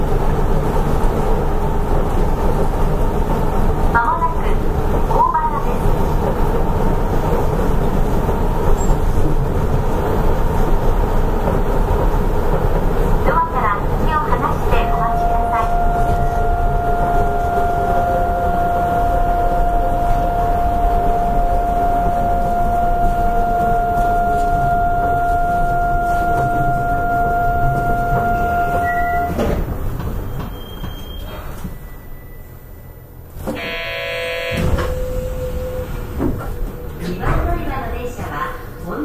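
An Astram Line 6000 train runs with a steady low rumble and whine, a long tone from 15 to 29 seconds, then clanks and a chime.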